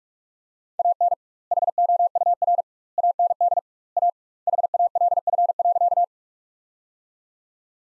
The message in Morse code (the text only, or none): AN HOUR AND A HALF.